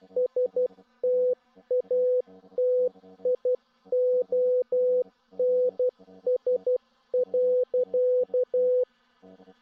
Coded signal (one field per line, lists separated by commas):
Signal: Morse code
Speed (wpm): 12 wpm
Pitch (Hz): 500 Hz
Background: none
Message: STATIONS.